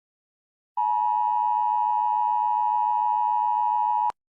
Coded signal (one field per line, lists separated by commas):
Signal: Emergency Alert System (SAME) tones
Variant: 853 and 960 Hz attention tone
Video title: The World Ends:EAS scenario